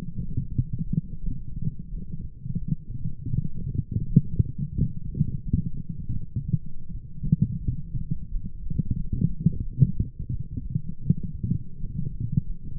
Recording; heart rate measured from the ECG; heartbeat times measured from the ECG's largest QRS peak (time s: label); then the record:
heart sounds by stethoscope; 86 bpm
0.54 s: heartbeat
1.19 s: heartbeat
1.87 s: heartbeat
2.56 s: heartbeat
3.30 s: heartbeat
4.03 s: heartbeat
4.71 s: heartbeat
5.40 s: heartbeat
6.10 s: heartbeat
6.88 s: heartbeat
7.60 s: heartbeat
8.27 s: heartbeat
8.75 s: heartbeat
9.59 s: heartbeat
10.28 s: heartbeat
11.00 s: heartbeat
11.76 s: heartbeat
12.42 s: heartbeat
From the record:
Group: healthy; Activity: light exercise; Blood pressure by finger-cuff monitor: 107/64 mmHg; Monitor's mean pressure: 81 mmHg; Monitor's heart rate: 87 bpm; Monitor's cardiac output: 7.4 L/min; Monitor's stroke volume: 85 mL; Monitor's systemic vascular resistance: 800 dyn s/cm5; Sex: female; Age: 26 years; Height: 165 cm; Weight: 55 kg